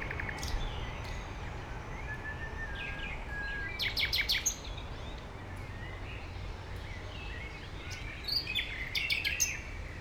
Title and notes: Heidekampgraben, Mauerweg, Berlin - nightingale. nightingale at Mauerweg (former Berlin Wall area)